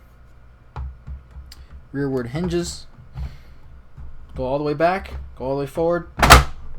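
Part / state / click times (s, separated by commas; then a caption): humidifier lid onto humidifier chamber hinges / seated / 6.3 s. The plastic lid of a Philips Respironics REMstar Pro CPAP humidifier is set back onto its two rear hinges, moved fully back and fully forward, and then pushed down while someone talks. A sharp snap at 6.3 s marks the lid popping into place and locking.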